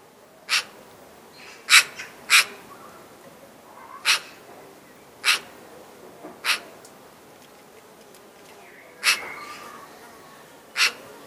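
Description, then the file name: Eurasian magpie calling with abrupt, grating notes spaced unevenly, about eight over eleven seconds, two in a quick pair, over quiet background birdsong. "Pica pica"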